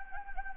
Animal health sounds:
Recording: mosquito wingbeat signal from an infrared sensor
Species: Anopheles gambiae

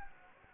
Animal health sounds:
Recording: mosquito wingbeat signal from an infrared sensor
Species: Anopheles gambiae

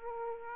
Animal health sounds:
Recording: mosquito wingbeat signal from an infrared sensor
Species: Aedes aegypti

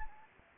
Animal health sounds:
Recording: mosquito wingbeat signal from an infrared sensor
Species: Anopheles gambiae

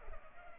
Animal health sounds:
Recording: mosquito wingbeat signal from an infrared sensor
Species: Culex pipiens

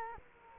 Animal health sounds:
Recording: mosquito wingbeat signal from an infrared sensor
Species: Culex quinquefasciatus

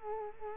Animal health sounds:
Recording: mosquito wingbeat signal from an infrared sensor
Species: Culex quinquefasciatus

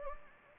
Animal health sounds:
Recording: mosquito wingbeat signal from an infrared sensor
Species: Anopheles gambiae

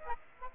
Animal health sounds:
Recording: mosquito wingbeat signal from an infrared sensor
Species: Aedes aegypti

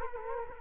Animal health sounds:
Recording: mosquito wingbeat signal from an infrared sensor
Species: Culex quinquefasciatus

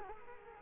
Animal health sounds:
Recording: mosquito wingbeat signal from an infrared sensor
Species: Culex quinquefasciatus

